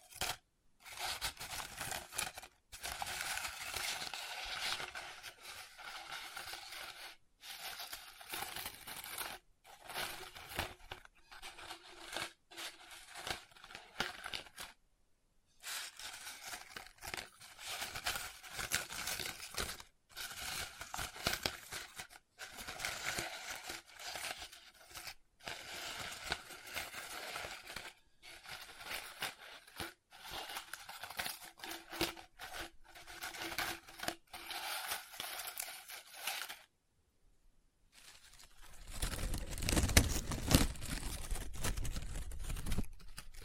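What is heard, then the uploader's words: Paper is rubbed, scratched and crinkled in dense bursts broken by short silences, ending with a lower, fuller rustle after a final pause. ASMR Close Up Paper Sounds - Folding, Scratching, Rubbing, Crinkle No Talking.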